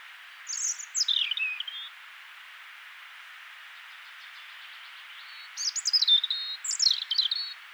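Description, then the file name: European robin song: a sweet descending phrase of thin high notes, a pause of several seconds, then two quick trilled, twittering phrases, with constant background hiss. "Erithacus rubecula"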